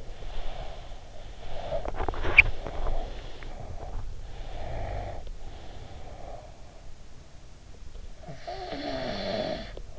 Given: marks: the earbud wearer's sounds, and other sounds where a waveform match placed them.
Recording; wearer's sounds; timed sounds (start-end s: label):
sounds in sleep by an in-ear microphone; breath, teeth grinding, snoring breath
0.00-2.22 s: breath
1.64-3.96 s: teeth grinding
2.44-4.10 s: breath
4.18-7.04 s: breath
8.11-9.99 s: snoring breath